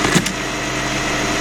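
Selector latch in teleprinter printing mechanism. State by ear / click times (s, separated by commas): not seated / none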